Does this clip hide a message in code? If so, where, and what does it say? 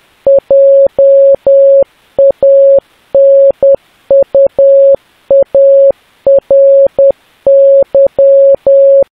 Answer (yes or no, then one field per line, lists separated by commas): yes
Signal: Morse code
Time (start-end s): 0.3-9.0 s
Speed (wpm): 10 wpm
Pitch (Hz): 550 Hz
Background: none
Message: JANUARY